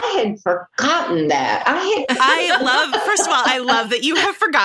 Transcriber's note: laughter